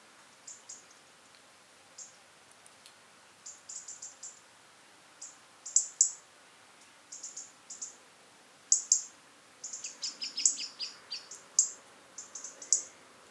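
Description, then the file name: European robin giving high, thin, clustered calls in short bursts at irregular intervals, with a few lower descending notes near the end. "Erithacus rubecula"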